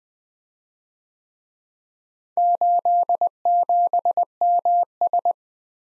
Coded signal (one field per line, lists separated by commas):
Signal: Morse code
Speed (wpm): 22 wpm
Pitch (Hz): 700 Hz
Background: none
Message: 87MS